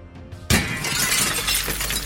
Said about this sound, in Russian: Треск. Громкий треск и скрежет осыпающихся осколков огласил грот, словно удар пульса, сотканного из сгустков магии. Режущие звуки отскочили от стен.